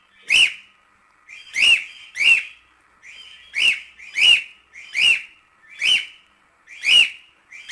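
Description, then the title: Cockatiel whistling, a short arched note repeated about once a second, sometimes in pairs. Several cockatiels whistling. "Calopsitas Cantando Assobio"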